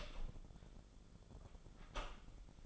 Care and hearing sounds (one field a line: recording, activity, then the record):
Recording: daily activity, microphone in the room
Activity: open door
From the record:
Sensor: 5